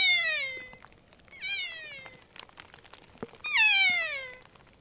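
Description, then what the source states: Kea calls: three loud harmonic cries, each sliding downward in pitch. Heard in heavy falling snow in the Haast Range, New Zealand.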